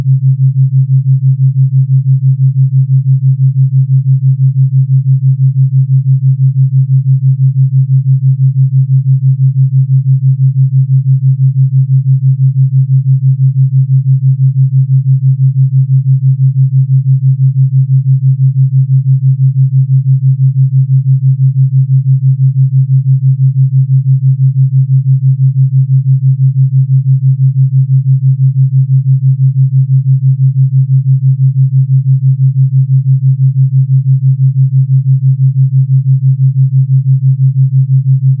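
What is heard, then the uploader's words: A pure theta binaural tone at 6 Hz: a single low, smooth hum holds perfectly steady for the whole 38 seconds. Its loudness never changes, and nothing else is heard, with no breaks, clicks or background sounds. Pure Theta Binaural 6hz.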